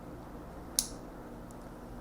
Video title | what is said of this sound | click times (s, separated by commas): HOW AIRSOFT HOP-UP WORKS: The Physics Behind Your Accuracy (Explained!) | and it's PR important you hear that click | 0.8 s